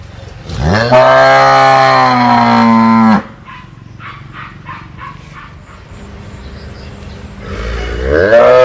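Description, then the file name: Cattle bellowing: one long, loud, harmonic moo lasting over two seconds, then quiet with faint background hum before a second rising moo begins at the end. Cow lowing. "Tieng bo rong"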